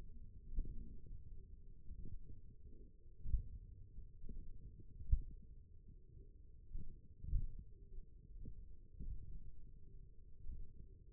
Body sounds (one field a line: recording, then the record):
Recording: forearm muscle sounds (acoustic myography)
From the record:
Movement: finger pinch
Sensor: system 1, eight BSWA MPA416 microphones around the upper forearm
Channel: 2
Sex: male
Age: 28 years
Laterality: right